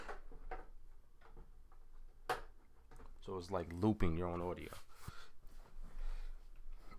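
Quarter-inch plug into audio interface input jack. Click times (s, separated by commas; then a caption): 2.3 s. A quarter-inch (6.35 mm) cable plug is pushed into the input jack of an audio interface. It seats with a sharp click at 2.3 s. Someone talks around it.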